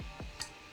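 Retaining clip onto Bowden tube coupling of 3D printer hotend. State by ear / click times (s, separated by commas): not seated / none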